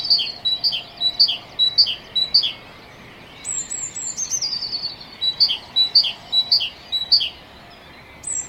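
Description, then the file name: Great tit song: quick two-note phrases repeated in two bursts, with a thin, high whistled trill between them and light hiss. "Parus major"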